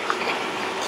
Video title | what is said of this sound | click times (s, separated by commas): I GOT THE PARKING BRAKE TO WORK……WELL ALMOST! | and snap in place look now I can't even get it out | 0.1 s